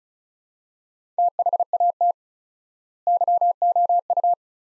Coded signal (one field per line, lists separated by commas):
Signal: Morse code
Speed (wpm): 36 wpm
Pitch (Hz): 700 Hz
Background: none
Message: THAT YOU